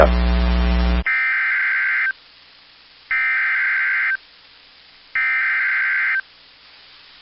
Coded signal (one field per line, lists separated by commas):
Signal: Emergency Alert System (SAME) tones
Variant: header bursts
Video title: EAS 1733-1737 (4/30/22)